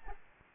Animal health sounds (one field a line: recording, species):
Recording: mosquito wingbeat signal from an infrared sensor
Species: Aedes albopictus